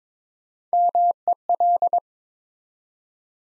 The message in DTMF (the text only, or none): none